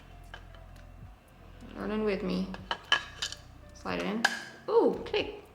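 Plastic parts knock and rattle as the neck of a Samsung 28-inch UR55 monitor stand is handled and slid toward its stand mount, with sharp taps around 0.3, 2.9 and 3.2 seconds while someone talks. The neck has not seated or clicked into place yet.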